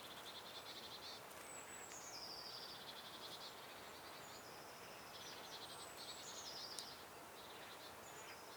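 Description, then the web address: Eurasian blue tit calls: thin, high, buzzy note strings repeated several times over steady background hiss. "SETE data Cyanistes caeruleus"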